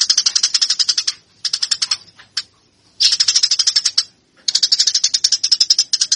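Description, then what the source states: Eurasian tree sparrow song: four bursts of quick, scratchy chirps, each run lasting from under a second to nearly two seconds, separated by short silences. Local name burung gereja; song style described as tarung, meaning fighting.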